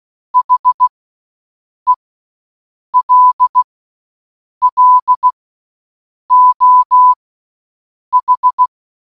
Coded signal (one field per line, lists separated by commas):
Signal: Morse code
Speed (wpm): 16 wpm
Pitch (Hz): 1000 Hz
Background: none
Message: HELLO H